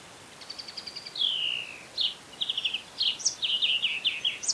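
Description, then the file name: European greenfinch song with a soft trill, a long descending drawn-out note, then quick chirps and rolling trilled phrases in close succession. "Chloris chloris"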